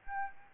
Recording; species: mosquito wingbeat signal from an infrared sensor; Aedes aegypti